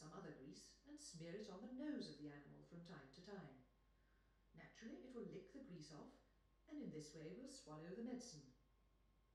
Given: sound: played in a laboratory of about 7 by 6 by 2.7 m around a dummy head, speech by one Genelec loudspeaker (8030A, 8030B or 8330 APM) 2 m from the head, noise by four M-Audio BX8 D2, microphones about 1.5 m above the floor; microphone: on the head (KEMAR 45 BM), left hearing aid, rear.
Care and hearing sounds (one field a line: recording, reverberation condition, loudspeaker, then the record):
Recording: female speech in English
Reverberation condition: medium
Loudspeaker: 120 degrees to the right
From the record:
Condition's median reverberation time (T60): about 510 ms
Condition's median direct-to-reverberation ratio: about -0.5 dB